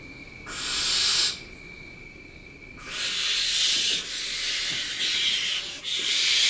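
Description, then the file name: Barn owl producing long, rasping hisses, several drawn-out noisy bursts with uneven gaps, a faint steady tone running beneath the first few seconds. "Barbagianni"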